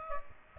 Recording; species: mosquito wingbeat signal from an infrared sensor; Aedes aegypti